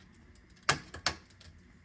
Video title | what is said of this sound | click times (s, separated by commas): Metalux F30T8 Conversion to Preheat Fluorescent | yep so there we go pops right into place now some | 0.7 s, 1.1 s